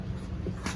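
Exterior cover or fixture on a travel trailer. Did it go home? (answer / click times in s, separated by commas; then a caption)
no / none. An exterior compartment cover or fixture on a 2021 KZ Escape 201BH travel trailer, next to its winterized water outlet, is lined up by hand to lock back in place. Low handling rumble runs throughout, with a short, sharp, bright burst near 0.7 s. Nothing has seated or locked yet.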